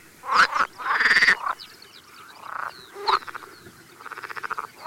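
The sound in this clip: Pool frog croaks: quacking notes and rattling pulsed bursts, with a softer rhythmic rattle near the end.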